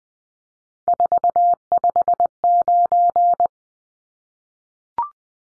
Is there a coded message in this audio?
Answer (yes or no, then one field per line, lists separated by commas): yes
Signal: Morse code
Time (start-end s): 0.9-3.5 s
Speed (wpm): 20 wpm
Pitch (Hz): 700 Hz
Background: none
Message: 459